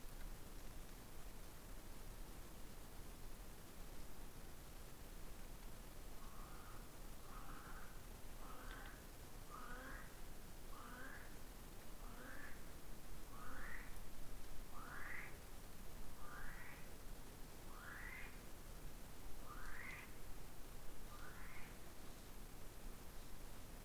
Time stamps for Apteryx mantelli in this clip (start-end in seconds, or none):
6.06-21.87